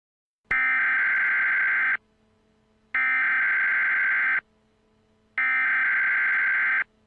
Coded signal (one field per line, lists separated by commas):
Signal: Emergency Alert System (SAME) tones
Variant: header bursts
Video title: mini EAS scenario birthday virus